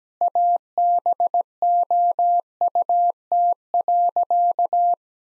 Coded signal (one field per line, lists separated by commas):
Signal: Morse code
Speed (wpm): 17 wpm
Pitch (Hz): 700 Hz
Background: none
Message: ABOUT.